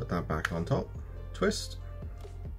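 A plastic top cap is placed back on and twisted onto the small plastic water container of a handheld nano cool mist facial sprayer with a 2600mAh power bank. Someone talks over a low steady hum while the cap is handled. The clip ends before the cap locks into place, and nothing has seated yet.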